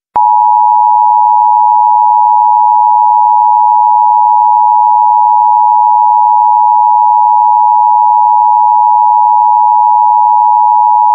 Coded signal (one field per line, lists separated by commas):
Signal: Emergency Alert System (SAME) tones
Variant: 853 and 960 Hz attention tone